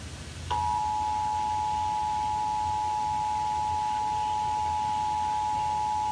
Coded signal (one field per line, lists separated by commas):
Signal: Emergency Alert System (SAME) tones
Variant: 853 and 960 Hz attention tone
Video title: BUNCHA TESTS! Connecticut Required Monthly Tests (1/6/18) (EAS 515-525)